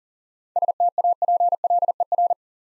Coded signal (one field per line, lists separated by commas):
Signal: Morse code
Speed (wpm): 40 wpm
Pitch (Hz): 700 Hz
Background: none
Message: STAPLER